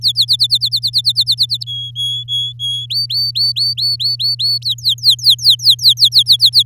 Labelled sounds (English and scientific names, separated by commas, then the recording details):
Domestic Canary (Serinus canaria) song
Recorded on 10 May 2018 at 14:14
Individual llb16